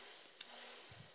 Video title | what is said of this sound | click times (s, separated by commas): Quilt #5 Be Bold Video 1 | it just clicks into place they're really pretty neat little rulers with | 0.4 s